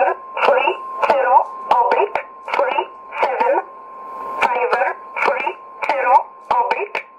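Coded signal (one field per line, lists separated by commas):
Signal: numbers station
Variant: E11 Oblique, English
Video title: 05 04 2017 Numbers station E11 Oblique in English to Eu 0902 on 9399 in USB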